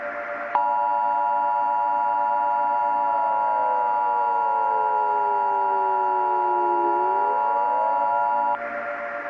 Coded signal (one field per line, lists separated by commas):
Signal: Emergency Alert System (SAME) tones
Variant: 853 and 960 Hz attention tone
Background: music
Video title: The Day After - An EAS Scenario / Analog Horror (Remastered)